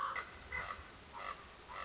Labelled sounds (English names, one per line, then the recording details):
Common Raven
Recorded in Sonoma County, California